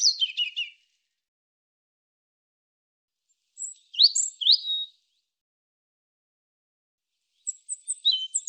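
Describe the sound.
European robin: three short bursts of high, thin, trilling and twittering notes, separated by several seconds of silence.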